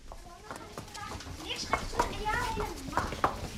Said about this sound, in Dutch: Het onmiskenbare geluid van de paardenhoeven. Hier staan Donen van Rosie, Goldie, Blanco en nog meer van dat soort namen. We zijn te gast hier op de manege. De Drie Linden, hè?